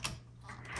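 A carriage is centered on a 1965 Montgomery Ward (Brother) Signature 440T manual typewriter while the carriage lock lever on the left side is raised and the carriage is moved to engage the lock. A sharp handling knock at 0.1 s and a softer rattle near 0.5 s rise over a low hum. The carriage lock has not clicked in yet.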